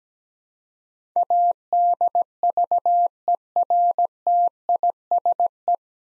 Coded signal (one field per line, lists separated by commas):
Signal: Morse code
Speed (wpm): 17 wpm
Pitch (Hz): 700 Hz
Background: none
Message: ADVERTISE